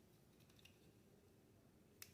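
Two plastic leg halves of a Transformers Prime Voyager Class Predaking figure are pushed together by their tabs and slots, with faint small ticks over a low background hum. At 2.0 s a single sharp, bright click rings out as the parts seat together in place.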